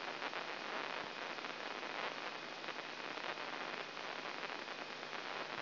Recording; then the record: brain microelectrode recording played as sound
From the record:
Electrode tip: inside the subthalamic nucleus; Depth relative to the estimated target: -3 mm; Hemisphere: left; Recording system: AlphaMap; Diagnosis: Parkinson's disease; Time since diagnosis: 9 years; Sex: male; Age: 66 years